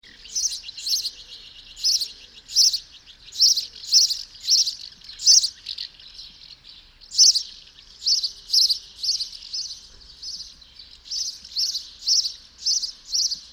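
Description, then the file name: House sparrow giving a long run of sharp chirps in uneven bursts, with brief pauses. "Passer domesticus"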